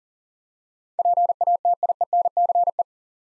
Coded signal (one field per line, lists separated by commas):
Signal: Morse code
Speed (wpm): 40 wpm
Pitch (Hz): 700 Hz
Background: none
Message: PATIENCE